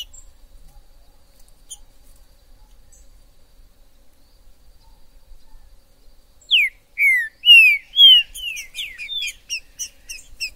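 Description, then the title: Green-winged saltator song: after several silent seconds, one loud phrase of rich slurred whistles starts and runs about four seconds. Trinca-ferro recorded in the forest (mato), described as a 'major' singer, calling, singing and acting male in a contest; used to stir up a pet bird. "Esse É PERFEITO Para ESQUENTAR Seu TRINCA Piando, Cantando E Macheando Na DISPUTA. Esse VÍDEO de TRINCA FERRO no MATO vai DEIXAR seu TRINCA LOUCO!! Trinca ferro MAJOR no MATO!!"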